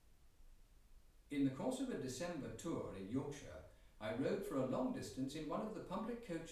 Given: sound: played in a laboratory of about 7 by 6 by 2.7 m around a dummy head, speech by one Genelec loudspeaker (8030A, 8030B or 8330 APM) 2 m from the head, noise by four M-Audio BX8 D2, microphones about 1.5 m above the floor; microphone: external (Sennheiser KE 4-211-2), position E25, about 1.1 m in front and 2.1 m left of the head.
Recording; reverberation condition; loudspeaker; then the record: male speech in English; medium; 30 degrees to the right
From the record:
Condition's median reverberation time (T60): about 510 ms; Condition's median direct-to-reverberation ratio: about -0.5 dB